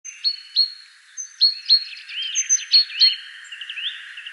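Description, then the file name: Great tit giving a few clear high two-part notes, followed by softer mixed twittering calls. "Parus major"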